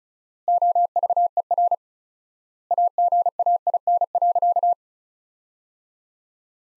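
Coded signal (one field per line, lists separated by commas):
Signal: Morse code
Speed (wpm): 35 wpm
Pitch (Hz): 700 Hz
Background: none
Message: OVER AGAIN.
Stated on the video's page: Morse sentences built from the top 500 words, sent at 35 wpm with word spacing stretched to four times standard, a practice drill akin to Farnsworth.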